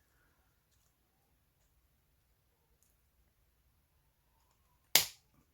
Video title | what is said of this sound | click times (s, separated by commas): -J4TM- ⭐Ep. 4 - How to remove / replace a bezel - Intro to 1st Mod Project ⭐-⌚The Watcher⌚ | and you hear a pop so you will have to use a bit of strength just trying to be still with it and press in one direction you don't want it | 4.9 s